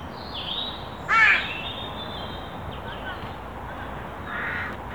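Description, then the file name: Carrion crow with a single short, harsh caw about a second in, then quieter calls. "Corvus corone"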